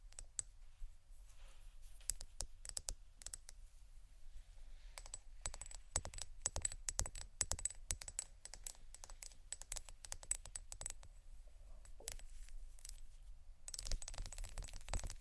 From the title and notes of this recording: ASMR Prisms, Crystals, Diamonds', Quartz (No Talking).